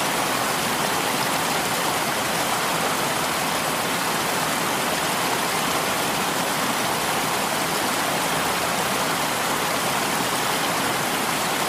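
Rushing water pours in a steady, dense hiss that never lets up, like a waterfall or fast stream. The sound is bright and full, strongest in the upper range with little low rumble, and it stays level throughout without distinct splashes or other noises.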